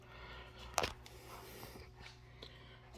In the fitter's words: Then it slides right in and pops into place.